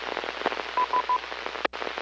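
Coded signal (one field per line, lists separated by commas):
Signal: none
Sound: repeater courtesy beeps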